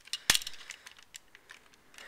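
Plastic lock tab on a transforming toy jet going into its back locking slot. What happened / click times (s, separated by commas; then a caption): The plastic lock tab snapped into place / 0.3 s. A plastic lock tab on a Yamato 1/60 scale VF-22S Millia Type transforming jet figure snaps into its back locking slot at 0.3 s while the lock is held down and the back tabs are pushed together during transformation. Surrounding it are a few fainter, shorter plastic ticks and light handling sounds. The tab is seated.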